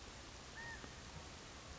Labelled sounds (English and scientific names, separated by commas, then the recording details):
California Quail (Callipepla californica)
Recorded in Sonoma County, California